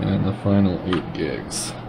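The last 8 GB SO-DIMM memory stick is handled at the RAM slot of an iMac all-in-one computer being upgraded to 32 GB. Someone talks throughout the clip, and the stick has not yet seated or clicked into the slot.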